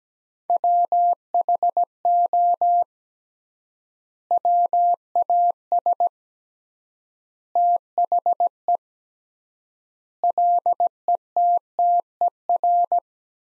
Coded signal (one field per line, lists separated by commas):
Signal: Morse code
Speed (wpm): 17 wpm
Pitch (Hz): 700 Hz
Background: none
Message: WHO WAS THE LETTER